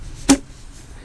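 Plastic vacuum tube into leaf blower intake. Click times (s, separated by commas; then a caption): 0.3 s. A plastic shred-and-vac tube, lined up by its tab, is pushed into the intake of an Echo ES-250 leaf blower/shredder. A single sharp click sounds at 0.3 s with a low thump beneath it, then only faint background noise follows. The tube is seated in the blower intake.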